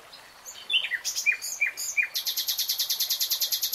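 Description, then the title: Nightingale song: a few clear whistled notes, then a long fast series of repeated buzzy chattering notes. Nightingale singing in real time. "[Tiếng chim hót] 3 Hours REALTIME Nightingale Singing"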